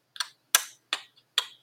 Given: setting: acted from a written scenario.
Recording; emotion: vocal sound without words; shame